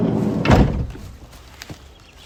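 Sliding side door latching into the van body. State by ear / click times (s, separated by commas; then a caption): seated / 0.5 s, 1.6 s. The side sliding door of a 2016 Ford Transit Custom 2.2 TDCI 155 290 E-Tech Limited L2 H1 van (77k, full service history) is slid shut along the body, landing with a heavy, low thunk at 0.5 s. A sharp, brief click follows at 1.6 s as it latches. The light door slides nicely and locks into place easily.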